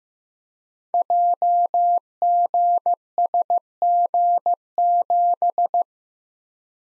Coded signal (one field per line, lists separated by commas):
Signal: Morse code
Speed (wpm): 15 wpm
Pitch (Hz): 700 Hz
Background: none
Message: JGSG7